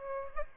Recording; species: mosquito wingbeat signal from an infrared sensor; Aedes albopictus